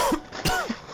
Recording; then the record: coughing mixed with background sound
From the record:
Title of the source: Coughing 51